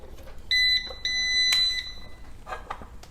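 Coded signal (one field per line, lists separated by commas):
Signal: beep code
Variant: electronic door lock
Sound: two high electronic beeps, a short one then a longer one, with clicks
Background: handling clicks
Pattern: 1 short, 1 long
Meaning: Power-on beeps confirming the batteries were put in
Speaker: we're gonna go ahead and put in the four double a batteries right now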